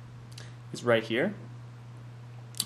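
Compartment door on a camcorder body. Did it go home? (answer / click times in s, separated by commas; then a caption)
released / 2.6 s. A small hinged plastic door under the record button on a camcorder body is popped open while someone talks. A single sharp click at 2.6 s marks the door releasing open.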